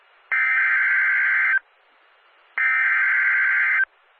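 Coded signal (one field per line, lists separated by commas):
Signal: Emergency Alert System (SAME) tones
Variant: header bursts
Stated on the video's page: Two severe thunderstorm warnings and a special marine warning broadcast on NOAA Weather Radio station KWO35, Upton, New York.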